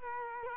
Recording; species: mosquito wingbeat signal from an infrared sensor; Culex quinquefasciatus